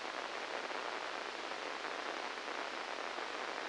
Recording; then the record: brain microelectrode recording played as sound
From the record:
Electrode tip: inside the subthalamic nucleus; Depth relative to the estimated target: 1 mm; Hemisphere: left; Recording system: NeuroSet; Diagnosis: Parkinson's disease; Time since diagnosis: 10 years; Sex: male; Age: 63 years